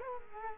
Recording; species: mosquito wingbeat signal from an infrared sensor; Culex quinquefasciatus